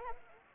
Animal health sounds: mosquito wingbeat signal from an infrared sensor; Anopheles arabiensis

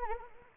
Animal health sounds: mosquito wingbeat signal from an infrared sensor; Anopheles arabiensis

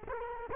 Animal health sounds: mosquito wingbeat signal from an infrared sensor; Culex quinquefasciatus

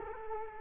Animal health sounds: mosquito wingbeat signal from an infrared sensor; Culex quinquefasciatus

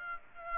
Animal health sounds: mosquito wingbeat signal from an infrared sensor; Aedes aegypti

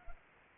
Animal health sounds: mosquito wingbeat signal from an infrared sensor; Anopheles arabiensis

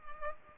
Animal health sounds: mosquito wingbeat signal from an infrared sensor; Culex pipiens

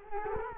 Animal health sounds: mosquito wingbeat signal from an infrared sensor; Culex quinquefasciatus

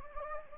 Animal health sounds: mosquito wingbeat signal from an infrared sensor; Anopheles gambiae

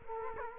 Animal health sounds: mosquito wingbeat signal from an infrared sensor; Culex quinquefasciatus

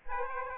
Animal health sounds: mosquito wingbeat signal from an infrared sensor; Aedes aegypti

